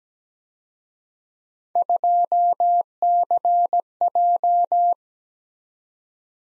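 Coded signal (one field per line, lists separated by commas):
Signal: Morse code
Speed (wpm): 20 wpm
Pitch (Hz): 700 Hz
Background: none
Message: 2CJ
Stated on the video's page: Speed-Racing Morse drill of three letter-number combinations that starts fast and slows to 17 wpm base speed, then sends a final repeat at maximum speed.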